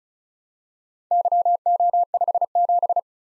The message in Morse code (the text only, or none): YO57